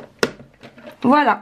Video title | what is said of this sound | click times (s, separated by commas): On fabrique des bracelets d'amitié - KUMIKREATOR | faut entendre un clic et fois entendre un clic voilà | 0.2 s